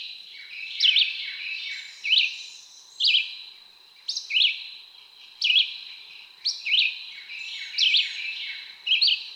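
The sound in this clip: Red-eyed Vireo song of quick varied phrases at roughly one-second intervals, over a noticeable hiss of background noise.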